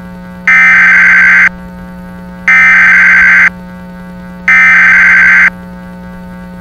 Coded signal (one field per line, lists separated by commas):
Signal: Emergency Alert System (SAME) tones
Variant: header bursts